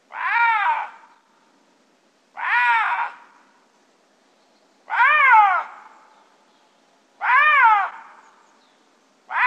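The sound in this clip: Lynx producing a series of harmonic, cat-like meows, each swelling and falling, repeated about every two and a half seconds.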